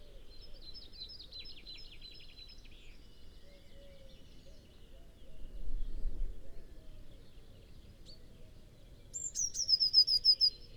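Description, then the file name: Eurasian blue tit trill near the end, high and rapid, following other softer bird notes and a low rumbling noise in the middle. "Cyanistes caeruleus"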